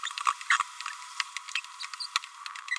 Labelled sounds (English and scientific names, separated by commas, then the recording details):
Green-rumped Parrotlet (Forpus passerinus) babbling
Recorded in a nest box in Venezuela
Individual 18B25A5